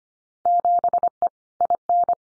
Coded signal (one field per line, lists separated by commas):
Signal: Morse code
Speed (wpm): 25 wpm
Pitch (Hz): 700 Hz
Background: none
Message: 7E IN